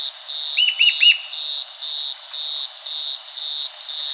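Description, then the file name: Bird utters a single brief run of three arched notes, followed by only the steady high-pitched insect drone and regular pulsing chirps. "SABIOD 50 bird 2015"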